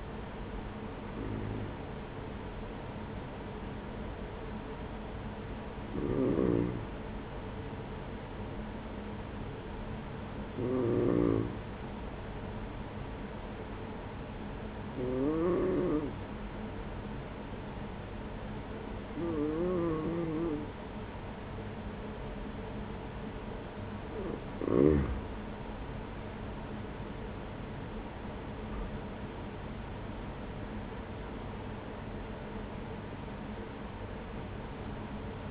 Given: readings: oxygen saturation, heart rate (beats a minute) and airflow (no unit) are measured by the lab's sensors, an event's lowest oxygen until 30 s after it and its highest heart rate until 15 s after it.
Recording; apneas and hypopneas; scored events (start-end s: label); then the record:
breathing in sleep by a voice recorder at the bedside; 1
4.00-26.90 s: hypopnea (N1, oxygen 95% highest, then 94% lowest)
From the record:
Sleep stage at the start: N1 (lightest sleep); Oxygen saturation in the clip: 94 to 96%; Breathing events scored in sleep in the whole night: 210 in 6.9 hours asleep